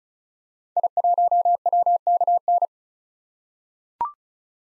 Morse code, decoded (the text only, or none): I1WKN